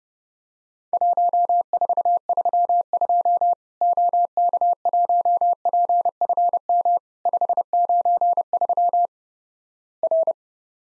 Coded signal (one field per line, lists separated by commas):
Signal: Morse code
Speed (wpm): 32 wpm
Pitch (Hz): 700 Hz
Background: none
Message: 1432 OK1PFM 593 R